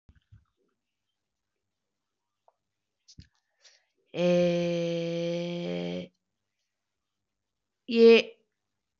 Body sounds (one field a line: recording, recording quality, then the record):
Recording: sustained vowel as in made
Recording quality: excellent, no background noise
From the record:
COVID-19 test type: RT-PCR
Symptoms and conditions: cough, cold, sore throat, fatigue, muscle pain, loss of smell and taste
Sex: female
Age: 26 years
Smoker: no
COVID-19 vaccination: one dose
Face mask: worn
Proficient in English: yes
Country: India